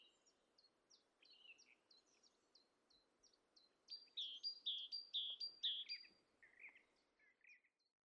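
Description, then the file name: Great tit song, several clear two-note phrases in the middle, preceded and followed by softer chirps over a steady background hiss. "Parus major"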